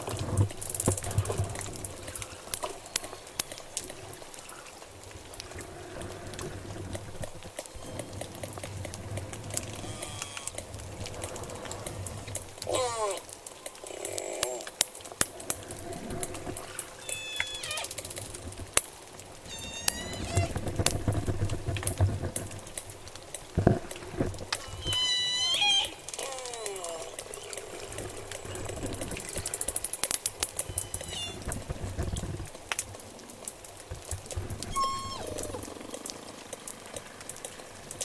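J pod orcas call underwater, rising squeals and whistles around 13, 18, 25 and 30 seconds over constant crackling clicks and low rumble.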